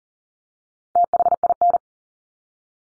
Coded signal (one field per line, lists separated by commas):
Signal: Morse code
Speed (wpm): 40 wpm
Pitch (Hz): 700 Hz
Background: none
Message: THIN